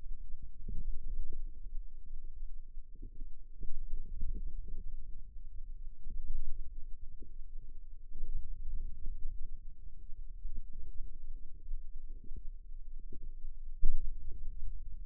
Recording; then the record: forearm muscle sounds (acoustic myography)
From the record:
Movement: ulnar deviation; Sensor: system 2, bracelet of six BSWA MPA416 microphones around the upper forearm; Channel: 2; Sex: female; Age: 22 years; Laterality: right